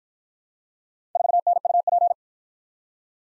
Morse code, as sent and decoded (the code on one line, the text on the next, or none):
....- -. ..- .--.
4NUP